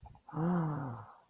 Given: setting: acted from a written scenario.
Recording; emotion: vocal sound without words; awe